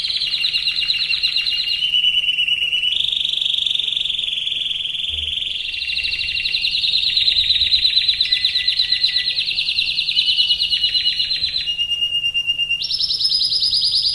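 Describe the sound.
Canary singing continuously, rolling rapid trills alternating with level whistled tones that step up and down in pitch across the phrase.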